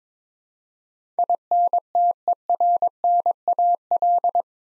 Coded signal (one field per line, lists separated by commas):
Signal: Morse code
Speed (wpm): 22 wpm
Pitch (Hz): 700 Hz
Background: none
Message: INTERNAL